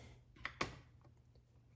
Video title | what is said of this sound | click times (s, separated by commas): Review Chefman Single Serve Coffee Maker: K-Cup & Ground Compatible, Single Cup 6-12 oz Portable Dri | I just did 2 clicks. | 0.4 s, 0.6 s